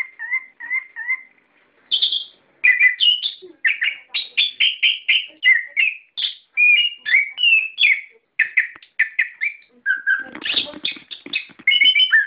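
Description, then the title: Bird starting with a few repeated whistles, then breaking into a long energetic chatter of chirps and whistles. "SuaraBurung Kicau4"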